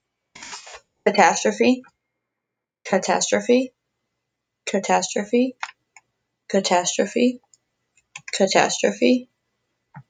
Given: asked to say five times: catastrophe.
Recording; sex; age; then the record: repeated word; female; 20 to 29 years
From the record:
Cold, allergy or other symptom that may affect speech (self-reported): no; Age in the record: 25 years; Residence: Massachusetts, United States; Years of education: 12